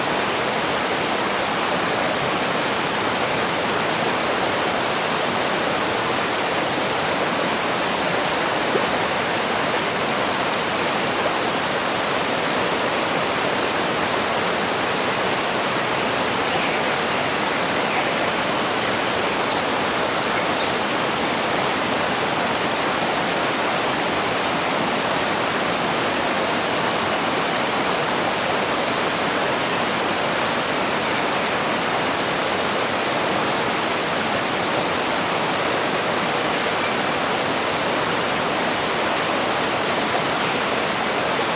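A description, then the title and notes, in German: A rainforest waterfall roars in a steady, dense hiss, bright and unchanging for the whole stretch, with a thin high whine running constantly above it. Regenwald-Wasserfall. Schlafen Sie zu den Klängen des rauschenden Wassers des Amazonas. Die faszinierende Ruhe der Cachoeira Pedra Furada in Brasilien.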